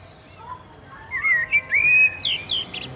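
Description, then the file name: Common blackbird song phrase: low fluted notes swelling into a bright warbled run of rising and falling whistles, ending in a thin high flourish. "Turdus merula"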